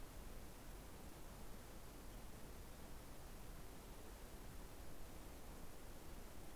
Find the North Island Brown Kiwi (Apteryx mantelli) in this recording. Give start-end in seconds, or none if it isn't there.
none